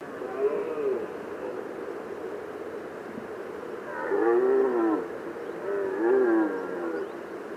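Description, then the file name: Red deer bellows, drawn-out harmonic moans that rise and fall, a short one near the start, then two longer ones in the second half over steady background noise. Stag bellowing during the rut. "Brame"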